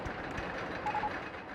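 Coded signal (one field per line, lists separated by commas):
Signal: none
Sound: game's building beeps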